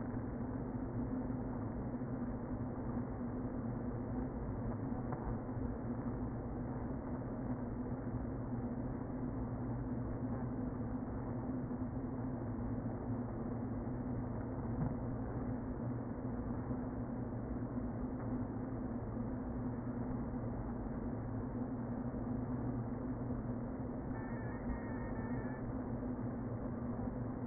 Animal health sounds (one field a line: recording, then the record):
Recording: honeybee colony, microphone inside the hive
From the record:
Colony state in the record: queen present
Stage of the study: before two queens were removed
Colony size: about 60,000 bees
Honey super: yes